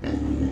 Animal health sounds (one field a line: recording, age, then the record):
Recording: pig call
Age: growing-finishing pig (85 days or more)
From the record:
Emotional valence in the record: negative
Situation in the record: barren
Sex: female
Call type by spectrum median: low-frequency call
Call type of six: low-frequency modulated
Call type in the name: low-frequency modulated, not sure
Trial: 1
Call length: 0.52 s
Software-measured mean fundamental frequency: 61 Hz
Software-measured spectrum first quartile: 108 Hz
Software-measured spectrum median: 240 Hz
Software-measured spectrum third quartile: 348 Hz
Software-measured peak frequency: 281 Hz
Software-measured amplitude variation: 198 dB a second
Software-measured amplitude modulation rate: 25.9 a second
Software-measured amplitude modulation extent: 7.7 dB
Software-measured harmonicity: 0.9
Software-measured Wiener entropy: -0.61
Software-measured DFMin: 859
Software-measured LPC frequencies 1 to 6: 306, 1826, 2816, 3789, 4758, 6665 Hz